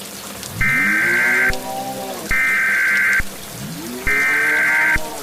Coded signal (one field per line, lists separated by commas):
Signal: Emergency Alert System (SAME) tones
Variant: header bursts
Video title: EAS scenario: The Devil’s Bleeding Wrath (Clean?)